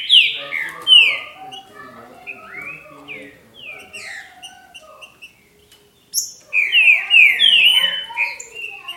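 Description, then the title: Green-winged saltator song: clear falling whistles at the start, a softer jumbled middle, near silence, then a strong burst of swooping whistled notes. "Trinca Ferro"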